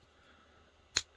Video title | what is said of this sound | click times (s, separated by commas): Mattel Masters of the Universe Origins Mosquitor Figure Review | there we go nice satisfying snap and to show you the difference again between the two | 1.0 s